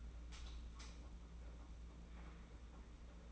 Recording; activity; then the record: daily activity, microphone in the room; light on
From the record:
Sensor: 1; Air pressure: 991.9 hPa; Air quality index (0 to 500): 211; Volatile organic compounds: 1000 ppm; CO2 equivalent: 8194 ppm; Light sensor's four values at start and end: 10/22/9/10 and 14/40/15/17